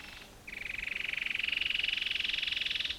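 Cherrie's antwren: a single steady rapid trill of even pulses, about two and a half seconds long, rising slightly, after a brief fainter buzz.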